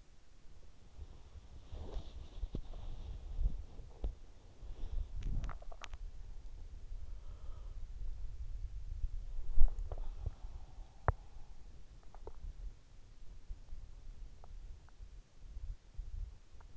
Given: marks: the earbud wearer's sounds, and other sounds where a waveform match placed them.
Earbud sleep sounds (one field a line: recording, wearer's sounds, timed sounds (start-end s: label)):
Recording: sounds in sleep by an in-ear microphone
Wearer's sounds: body movement, teeth grinding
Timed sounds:
0.00-16.77 s: body movement
4.99-6.30 s: teeth grinding
9.50-12.65 s: teeth grinding